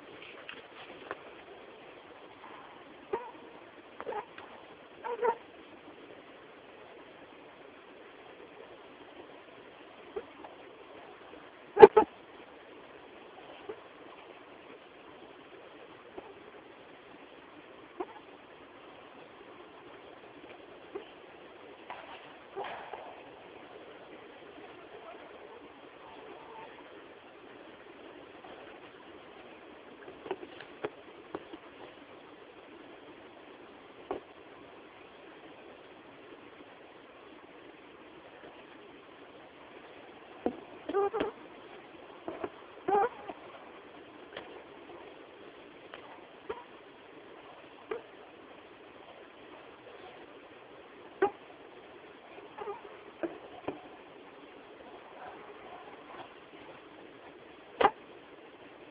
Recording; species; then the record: mosquito flight sound by mobile phone; Anopheles freeborni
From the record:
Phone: Samsung T209